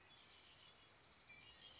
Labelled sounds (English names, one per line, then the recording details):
Red-winged Blackbird
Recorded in Sonoma County, California